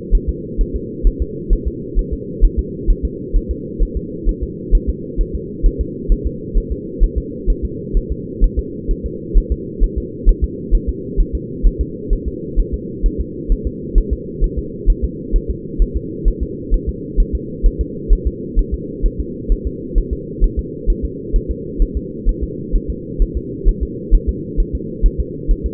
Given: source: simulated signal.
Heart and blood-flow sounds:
fetal heart sounds
0.15 s: S1
0.29 s: S2
0.61 s: S1
0.76 s: S2
1.07 s: S1
1.22 s: S2
1.53 s: S1
1.68 s: S2
1.99 s: S1
2.13 s: S2
2.44 s: S1
2.59 s: S2
2.90 s: S1
3.05 s: S2
3.36 s: S1
3.51 s: S2
3.83 s: S1
3.97 s: S2
4.29 s: S1
4.43 s: S2
4.75 s: S1
4.90 s: S2
5.21 s: S1
5.35 s: S2
5.66 s: S1
5.81 s: S2
6.12 s: S1
6.27 s: S2
6.58 s: S1
6.72 s: S2
7.03 s: S1
7.18 s: S2
7.50 s: S1
7.65 s: S2
7.97 s: S1
8.12 s: S2
8.44 s: S1
8.59 s: S2
8.91 s: S1
9.06 s: S2
9.38 s: S1
9.52 s: S2
9.84 s: S1
9.98 s: S2
10.29 s: S1
10.44 s: S2
10.75 s: S1
10.89 s: S2
11.20 s: S1
11.35 s: S2
11.66 s: S1
11.81 s: S2
12.13 s: S1
12.28 s: S2
12.59 s: S1
12.74 s: S2
13.06 s: S1
13.21 s: S2
13.52 s: S1
13.67 s: S2
13.98 s: S1
14.13 s: S2
14.44 s: S1
14.59 s: S2
14.90 s: S1
15.04 s: S2
15.36 s: S1
15.50 s: S2
15.82 s: S1
15.97 s: S2
16.28 s: S1
16.43 s: S2
16.74 s: S1
16.89 s: S2
17.20 s: S1
17.35 s: S2
17.66 s: S1
17.81 s: S2
18.13 s: S1
18.27 s: S2
18.59 s: S1
18.74 s: S2
19.06 s: S1
19.20 s: S2
19.52 s: S1
19.67 s: S2
19.98 s: S1
20.13 s: S2
20.44 s: S1
20.59 s: S2
20.90 s: S1
21.05 s: S2
21.36 s: S1
21.51 s: S2
21.82 s: S1
21.97 s: S2
22.29 s: S1
22.44 s: S2
22.76 s: S1
22.90 s: S2
23.22 s: S1
23.37 s: S2
23.69 s: S1
23.83 s: S2
24.15 s: S1
24.29 s: S2
24.60 s: S1
24.75 s: S2
25.06 s: S1
25.20 s: S2
25.51 s: S1
25.66 s: S2
From the record:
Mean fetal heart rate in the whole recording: 130 bpm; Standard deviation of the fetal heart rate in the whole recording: 2 bpm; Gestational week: 38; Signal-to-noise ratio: -4.1 dB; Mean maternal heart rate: no maternal heart sound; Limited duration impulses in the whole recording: absent

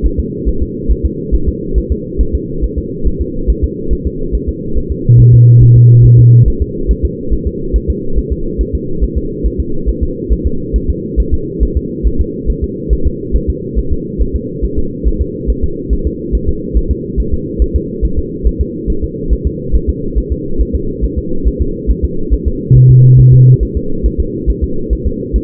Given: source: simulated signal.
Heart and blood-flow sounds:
fetal heart sounds
0.06 s: S1
0.20 s: S2
0.48 s: S1
0.62 s: S2
0.91 s: S1
1.05 s: S2
1.34 s: S1
1.48 s: S2
1.78 s: S1
1.92 s: S2
2.21 s: S1
2.35 s: S2
2.64 s: S1
2.78 s: S2
3.07 s: S1
3.21 s: S2
3.50 s: S1
3.64 s: S2
3.93 s: S1
4.07 s: S2
4.35 s: S1
4.49 s: S2
4.78 s: S1
4.92 s: S2
5.20 s: S1
5.34 s: S2
5.63 s: S1
5.77 s: S2
6.05 s: S1
6.19 s: S2
6.48 s: S1
6.62 s: S2
6.91 s: S1
7.05 s: S2
7.33 s: S1
7.47 s: S2
7.76 s: S1
7.90 s: S2
8.18 s: S1
8.32 s: S2
8.61 s: S1
8.75 s: S2
9.04 s: S1
9.17 s: S2
9.46 s: S1
9.60 s: S2
9.89 s: S1
10.03 s: S2
10.33 s: S1
10.47 s: S2
10.76 s: S1
10.90 s: S2
11.20 s: S1
11.34 s: S2
11.63 s: S1
11.77 s: S2
12.07 s: S1
12.21 s: S2
12.50 s: S1
12.64 s: S2
12.93 s: S1
13.07 s: S2
13.36 s: S1
13.50 s: S2
13.79 s: S1
13.92 s: S2
14.22 s: S1
14.35 s: S2
14.65 s: S1
14.79 s: S2
15.07 s: S1
15.21 s: S2
15.50 s: S1
15.64 s: S2
15.93 s: S1
16.07 s: S2
16.35 s: S1
16.49 s: S2
16.77 s: S1
16.91 s: S2
17.20 s: S1
17.34 s: S2
17.62 s: S1
17.76 s: S2
18.05 s: S1
18.19 s: S2
18.47 s: S1
18.61 s: S2
18.90 s: S1
19.04 s: S2
19.33 s: S1
19.47 s: S2
19.75 s: S1
19.89 s: S2
20.18 s: S1
20.32 s: S2
20.61 s: S1
20.75 s: S2
21.04 s: S1
21.18 s: S2
21.47 s: S1
21.61 s: S2
21.91 s: S1
22.05 s: S2
22.34 s: S1
22.48 s: S2
22.77 s: S1
22.91 s: S2
23.20 s: S1
23.34 s: S2
23.63 s: S1
23.77 s: S2
24.06 s: S1
24.20 s: S2
24.50 s: S1
24.64 s: S2
24.93 s: S1
25.07 s: S2
25.36 s: S1
From the record:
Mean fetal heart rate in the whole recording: 140 bpm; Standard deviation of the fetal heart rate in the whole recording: 2 bpm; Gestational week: 34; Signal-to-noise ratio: -8.1 dB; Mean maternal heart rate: 72 bpm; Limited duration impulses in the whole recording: present

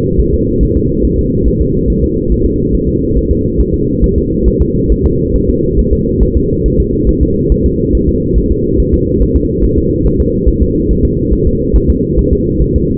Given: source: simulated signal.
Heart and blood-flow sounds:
fetal heart sounds
0.20 s: S1
0.34 s: S2
0.63 s: S1
0.77 s: S2
1.05 s: S1
1.19 s: S2
1.48 s: S1
1.62 s: S2
1.90 s: S1
2.04 s: S2
2.32 s: S1
2.46 s: S2
2.75 s: S1
2.88 s: S2
3.17 s: S1
3.31 s: S2
3.60 s: S1
3.74 s: S2
4.04 s: S1
4.18 s: S2
4.48 s: S1
4.62 s: S2
4.92 s: S1
5.06 s: S2
5.36 s: S1
5.50 s: S2
5.79 s: S1
5.93 s: S2
6.23 s: S1
6.37 s: S2
6.66 s: S1
6.80 s: S2
7.09 s: S1
7.23 s: S2
7.52 s: S1
7.66 s: S2
7.95 s: S1
8.09 s: S2
8.38 s: S1
8.52 s: S2
8.80 s: S1
8.94 s: S2
9.22 s: S1
9.36 s: S2
9.64 s: S1
9.78 s: S2
10.06 s: S1
10.20 s: S2
10.49 s: S1
10.62 s: S2
10.91 s: S1
11.05 s: S2
11.33 s: S1
11.47 s: S2
11.76 s: S1
11.90 s: S2
12.19 s: S1
12.33 s: S2
12.62 s: S1
12.76 s: S2
From the record:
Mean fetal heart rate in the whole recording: 140 bpm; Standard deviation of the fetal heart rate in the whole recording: 2 bpm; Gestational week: 34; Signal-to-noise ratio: -14.7 dB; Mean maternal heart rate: 72 bpm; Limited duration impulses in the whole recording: present

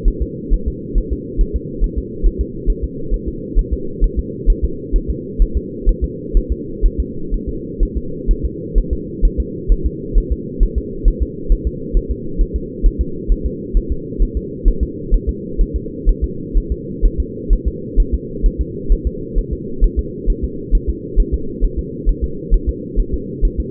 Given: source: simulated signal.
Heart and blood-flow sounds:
fetal heart sounds
0.08 s: S1
0.22 s: S2
0.53 s: S1
0.68 s: S2
0.98 s: S1
1.12 s: S2
1.41 s: S1
1.56 s: S2
1.84 s: S1
1.98 s: S2
2.26 s: S1
2.41 s: S2
2.70 s: S1
2.84 s: S2
3.14 s: S1
3.28 s: S2
3.59 s: S1
3.73 s: S2
4.04 s: S1
4.19 s: S2
4.50 s: S1
4.64 s: S2
4.96 s: S1
5.10 s: S2
5.42 s: S1
5.57 s: S2
5.89 s: S1
6.04 s: S2
6.37 s: S1
6.52 s: S2
6.86 s: S1
7.00 s: S2
7.34 s: S1
7.49 s: S2
7.83 s: S1
7.97 s: S2
8.31 s: S1
8.45 s: S2
8.78 s: S1
8.93 s: S2
9.25 s: S1
9.40 s: S2
9.72 s: S1
9.86 s: S2
10.18 s: S1
10.32 s: S2
10.63 s: S1
10.78 s: S2
11.08 s: S1
11.22 s: S2
11.52 s: S1
11.67 s: S2
11.97 s: S1
12.11 s: S2
12.41 s: S1
12.56 s: S2
12.86 s: S1
13.01 s: S2
13.32 s: S1
13.46 s: S2
13.77 s: S1
13.92 s: S2
14.22 s: S1
14.37 s: S2
14.68 s: S1
14.83 s: S2
15.14 s: S1
15.29 s: S2
15.61 s: S1
15.76 s: S2
16.09 s: S1
16.24 s: S2
16.57 s: S1
16.72 s: S2
17.05 s: S1
17.20 s: S2
17.53 s: S1
17.68 s: S2
18.00 s: S1
18.14 s: S2
18.46 s: S1
18.61 s: S2
18.92 s: S1
19.07 s: S2
19.38 s: S1
19.53 s: S2
19.84 s: S1
19.99 s: S2
20.30 s: S1
20.44 s: S2
20.75 s: S1
20.90 s: S2
21.20 s: S1
21.34 s: S2
21.64 s: S1
21.79 s: S2
22.09 s: S1
22.24 s: S2
22.54 s: S1
22.69 s: S2
23.00 s: S1
23.14 s: S2
23.45 s: S1
23.60 s: S2
From the record:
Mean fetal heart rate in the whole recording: 130 bpm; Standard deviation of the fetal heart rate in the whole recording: 4 bpm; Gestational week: 38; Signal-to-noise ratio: -4.3 dB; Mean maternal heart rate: 72 bpm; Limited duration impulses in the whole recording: absent

